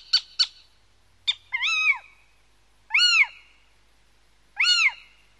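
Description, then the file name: Little owl giving a few short sharp yelps, then three arched mewing calls roughly every one and a half seconds. "mocho galego"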